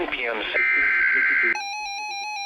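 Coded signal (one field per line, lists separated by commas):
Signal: Emergency Alert System (SAME) tones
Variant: header bursts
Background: speech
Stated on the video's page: Real Severe Thunderstorm Warning from the National Weather Service in Norman, Oklahoma, recorded off air from weather radio transmitters and a broadcast station with a camera and shotgun microphone.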